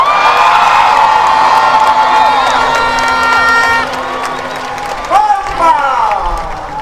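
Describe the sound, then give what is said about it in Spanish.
A large crowd at a demonstration in defense of education cheers loudly in applause for the farmers, with high shouts and whoops rising over a dense roar and scattered clapping, the noise dipping slightly before fresh yells break out near the end. “¡Démosle un aplauso a los agricultores!”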